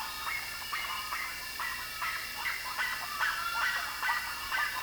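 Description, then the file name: Bird calls, a series of short harsh notes with harmonics repeated roughly twice a second, with thin whistled tones in between over a steady background hiss. "SABIOD 50 bird 2015"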